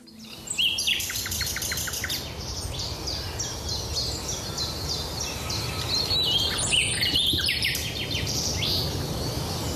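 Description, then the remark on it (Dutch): A nightingale sings a rich, varied song of rapid repeated notes, whistles and trills, bright and high-pitched, over a steady low background rumble. “die stuurde ons vorige week een nachtegaal vanuit Huizen. Maar deze zat nog dichterbij en klonk nog mooier, schreef ze.”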